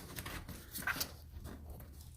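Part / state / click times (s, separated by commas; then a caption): vacuum hose fitting into shop vac inlet port / not seated / none. A vacuum hose end is lined up by its tab with the notch on a Bauer shop vac's inlet port, ready to be pushed in and turned to lock. Soft plastic handling noise and brief taps, sharpest around 0.2 s and 1.0 s, sit over a low background rumble. Nothing has seated or clicked yet.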